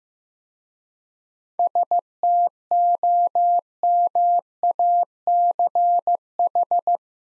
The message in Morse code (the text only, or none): STOMACH